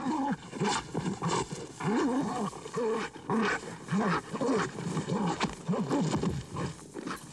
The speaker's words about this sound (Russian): Борзая вцепилась в мохнатую глотку волка. Они катаются по земле.